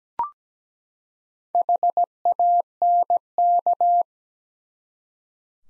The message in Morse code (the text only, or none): HANK